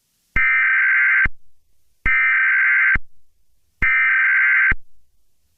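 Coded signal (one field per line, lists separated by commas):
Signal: Emergency Alert System (SAME) tones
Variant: header bursts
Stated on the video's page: A fictional EAS scenario, not a real alert.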